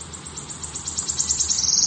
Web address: wood warbler